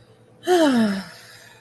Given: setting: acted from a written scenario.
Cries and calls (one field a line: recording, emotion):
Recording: vocal sound without words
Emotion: contentment